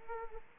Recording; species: mosquito wingbeat signal from an infrared sensor; Culex pipiens